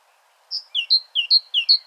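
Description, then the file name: Great tit song: three quick two-note phrases, a high clear note dropping to a lower one, repeated in a bright see-saw rhythm. "Parus major"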